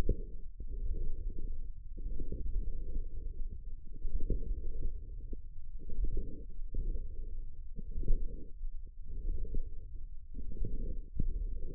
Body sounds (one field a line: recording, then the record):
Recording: forearm muscle sounds (acoustic myography)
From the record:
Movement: forearm supination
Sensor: system 1, eight BSWA MPA416 microphones around the upper forearm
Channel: 6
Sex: male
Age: 54 years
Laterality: right